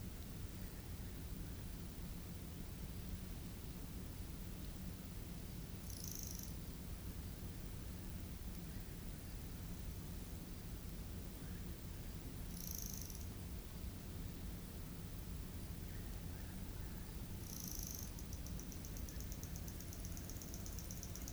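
Insects fill a summer night in the bush on Ngarigo land with a dense, steady hiss over a low, constant hum. Short bright trills break through at about six, twelve and seventeen seconds, the last turning into a rapid pulsing chirp that runs to the end.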